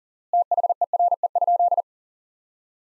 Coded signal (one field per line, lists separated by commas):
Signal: Morse code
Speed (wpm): 37 wpm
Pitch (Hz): 700 Hz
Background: none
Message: THERE?